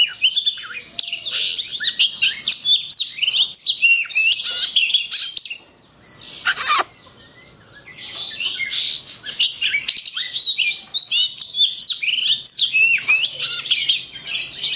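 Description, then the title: Oriental magpie-robin in a continuous, rolling warble of rapid chirps and trills, broken by one brief pause midway before resuming. Kacer poci form; national champion competition bird; chatty (gacor) singer using nembak (shooting) and ngerol (rolling) song styles; seven song types every three minutes. "Kacer Poci Gacor Nembak Dan Ngerol Juara Nasional. 7 macam suara kacer setiap 3 menit"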